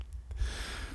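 A single short, gasping breath in from an adult man, lasting under a second, with a rough, airy quality and no clear musical whistle. It is a noisy inspiration during an asthma flare triggered by hay fever, with the noise recurring every time he breathes in. Low room rumble sits underneath.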